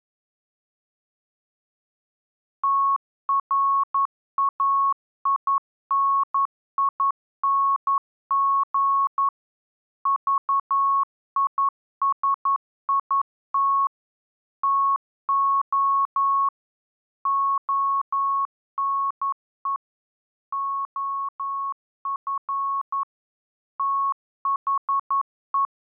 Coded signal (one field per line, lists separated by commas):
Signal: Morse code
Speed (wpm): 11 wpm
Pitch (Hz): 1100 Hz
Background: none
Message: TRAINING VISIT TO ONE OF THE